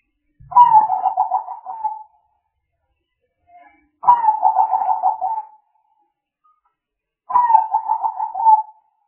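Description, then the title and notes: Spotted dove cooing: three even, vibrating coo phrases, each about a second and a half long, repeated every three to four seconds in quiet surroundings. Compilation of spotted dove calls intended as lure sounds for trapping. "Pikat Burung Tekukur. Kumpulan suara burung tekukur"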